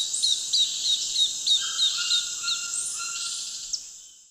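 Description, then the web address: Red-stained woodpecker with a brisk string of sharp high notes in the first half, then fading, set against a dense shrill insect chorus and a few other bird calls. Call from the eastern lowlands of South America. "Natures Songs S America Eastern Lowlands. Veniliornis affinis, call"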